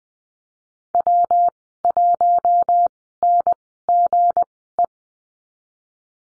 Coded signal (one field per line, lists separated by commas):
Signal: Morse code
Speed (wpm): 20 wpm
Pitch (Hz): 700 Hz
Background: none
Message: W1NGE